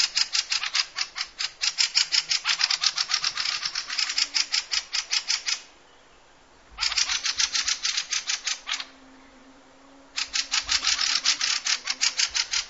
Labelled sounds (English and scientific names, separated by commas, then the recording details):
Fieldfare (Turdus pilaris) alarm call
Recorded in the wild
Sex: pair
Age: adult
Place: Halbinsel Kindo, Karelien, RU
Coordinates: 66.5481, 33.1189
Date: 1995-06-20 23:32
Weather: fair, 15°C
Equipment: Sony TCD-D3, Sennheiser MKH 70, Windkorb
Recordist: Frommolt, Karl-Heinz
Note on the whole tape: Quartal 25: Paar - Warnen in Nestnähe. Beobachter war 6 m vom Nest entfernt. Entfernung zu den Tieren minimal 3 m. Tiere gesehen. Topaufnahme